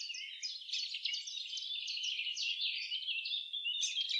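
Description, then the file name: Eurasian blackcap song: a continuous, hurried stream of high, scratchy warbling notes. "Sylvia atricapilla"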